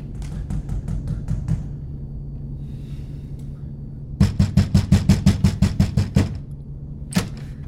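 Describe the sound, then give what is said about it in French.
Frantic knocking on a cabin door aboard a large ship: a quick run of raps, a pause, then a longer, loud, rapid, evenly spaced burst and one final knock, over a steady low rumble. “Pourquoi vous frappez à ma porte comme un fou, jeune homme ?”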